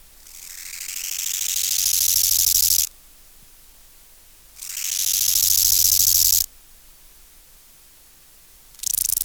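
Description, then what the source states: Bow-winged grasshopper song, two rasping, buzzy phrases that swell in loudness, separated by silence, a third beginning at the end. Subspecies euhedickei.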